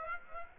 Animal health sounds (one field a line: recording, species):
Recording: mosquito wingbeat signal from an infrared sensor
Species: Aedes aegypti